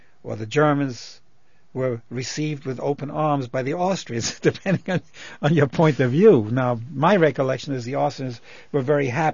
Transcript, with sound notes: Or the Germans were received with open arms by the Austrians, depending on () ( he laughs ) your point of view. Now, my recollection is the Austrians were very happy.